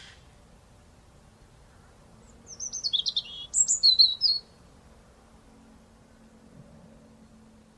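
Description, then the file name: European robin delivering one high, tinkling phrase of quickly changing thin notes, then silence with faint low background hum. "Erithacus rubecula"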